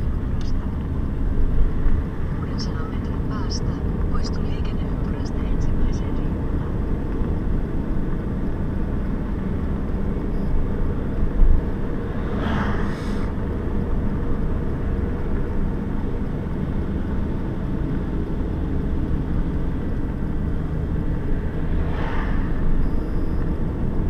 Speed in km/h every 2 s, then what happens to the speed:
31, 31, 36, 39, 40, 42, 42, 42, 39, 36, 36, 39.
0-9 speeds up to 42. 9-14 steady at about 42. 14-18 slows to 36. 18-24 steady at about 36.